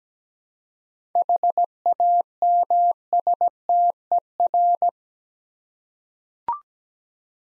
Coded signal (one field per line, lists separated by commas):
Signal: Morse code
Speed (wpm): 17 wpm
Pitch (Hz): 700 Hz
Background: none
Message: HAMSTER